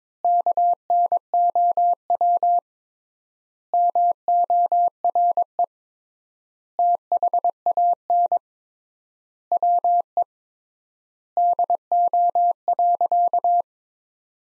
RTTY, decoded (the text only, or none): none